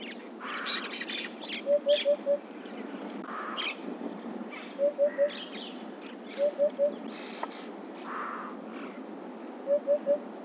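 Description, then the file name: Eurasian hoopoe song: soft, low hollow 'oop-oop-oop' phrases of three or four notes repeated four times at irregular intervals, with brief high chirps from other birds between phrases. "huppe fasciee"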